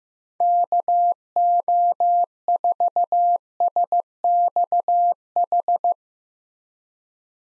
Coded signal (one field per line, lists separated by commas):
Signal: Morse code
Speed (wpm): 15 wpm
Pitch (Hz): 700 Hz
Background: none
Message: KO4SXH